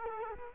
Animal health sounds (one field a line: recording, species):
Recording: mosquito wingbeat signal from an infrared sensor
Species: Culex quinquefasciatus